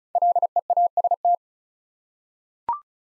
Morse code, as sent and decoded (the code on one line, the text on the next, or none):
.-.. . .- ... -
LEAST